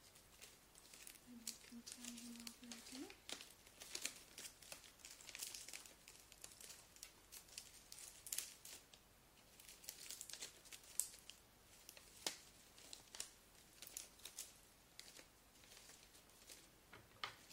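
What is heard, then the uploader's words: Gift wrapping paper crinkles and rustles, with dense, crisp, bright bursts of handling nearly nonstop. Sharper snaps and taps stand out every second or two. Early on, a brief low steady tone sounds for about two seconds. ASMR Role play - Helpful elf - wrapping gifts - paper - crinkle.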